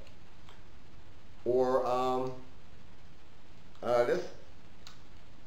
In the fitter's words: pump the pump pops right into here too you